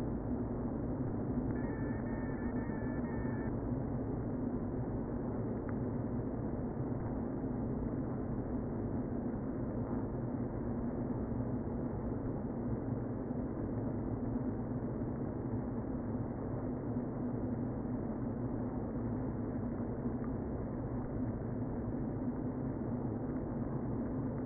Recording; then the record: honeybee colony, microphone inside the hive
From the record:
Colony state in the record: queen present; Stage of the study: before two queens were removed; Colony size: about 60,000 bees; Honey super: yes